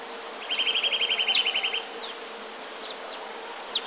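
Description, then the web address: Eurasian nuthatch song: one quick, steady trill of many identical piping notes, followed by scattered high chirps over faint hiss. "kowalik kowalikispiew"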